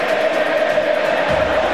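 A large stadium crowd at the Mineirão in Brazil chants "Tener en casa tu papá" in unison, a loud, steady wall of massed voices holding a sustained tone, with a low rumble swelling in near the end.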